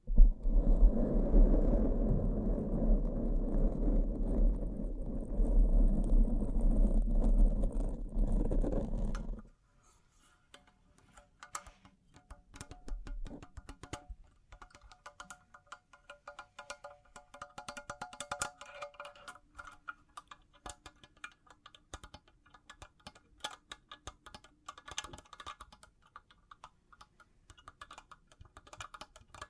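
Bling bling triggers: a loud, dense, low rustling rumble fills the first nine seconds, then cuts off abruptly. What follows is much quieter, with scattered small clicks and taps, and light clinking with ringing tones arriving irregularly from about fourteen seconds on.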